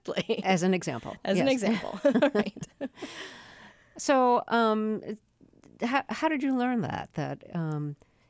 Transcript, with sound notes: As an example.
As an example.
Yes.
(LAUGHTER)
So how did you learn that